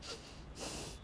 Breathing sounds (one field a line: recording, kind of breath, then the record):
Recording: one breath in and out by a microphone near the nose and mouth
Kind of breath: strong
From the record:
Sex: male